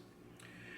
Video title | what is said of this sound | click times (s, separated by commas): How to clean the Norinco SKS Sporter Rifle | And then go ahead and push the lever down until it locks into place. | 0.4 s